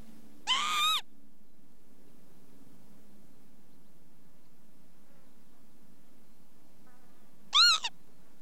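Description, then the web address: Northern Lapwing calls: a drawn-out, arched wheeze near the start, then a shorter arched pee-wit about seven seconds later, over a faint low hum. "The BBC Sound Effects Library. Lapwing"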